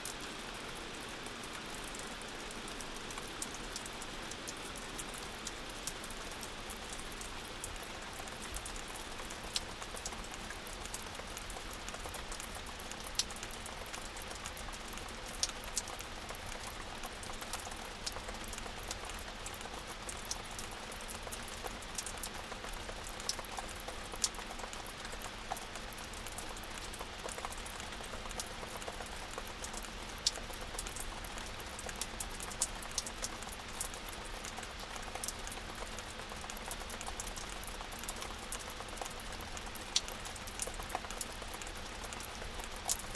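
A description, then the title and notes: Dense, steady dripping patters on moss and rock, with frequent bright drops over a constant low rush of a distant waterfall. Dripping forest. While hiking past Bridal Veil on the way up to Lake Serene with my daughter, we noticed a rock outcropping near the falls that was sheltered from the torrent, yet was dripping and overgrown with moss. It was soft and meditative, yet slightly on-edge with the sound of the falls in the background. We start a little outside the alcove, moving closer in around 2 minutes. Sound Devices 702 mid: MKH8020 side: MKH30.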